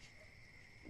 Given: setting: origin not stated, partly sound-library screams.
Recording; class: one-second piece from a danger detection set; normal situation